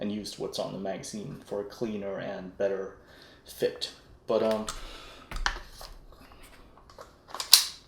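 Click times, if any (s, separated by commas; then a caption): 7.5 s. Someone talks, then a custom airsoft AK magazine, fitted with its own locking lug, is rocked into the magazine well of a WE AK74UN gas-blowback rifle in a Magpul custom build. Brief sharp clicks come around 5.3–5.5 s, and a louder hit at 7.5 s is heard as the magazine snaps in and latches, seated and locked in place.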